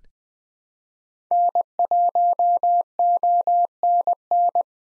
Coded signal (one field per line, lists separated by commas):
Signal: Morse code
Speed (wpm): 20 wpm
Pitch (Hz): 700 Hz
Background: none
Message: N1ONN